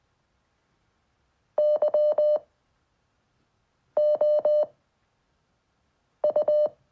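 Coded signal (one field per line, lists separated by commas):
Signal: Morse code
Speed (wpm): 20 wpm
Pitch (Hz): 600 Hz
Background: none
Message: Y O U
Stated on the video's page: Morse code learned at 5 WPM for a ham licence, as a beginner's seven-day self-experiment.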